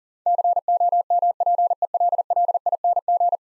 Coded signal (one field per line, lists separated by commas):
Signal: Morse code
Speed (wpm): 41 wpm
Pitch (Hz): 700 Hz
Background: none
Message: COMPELLING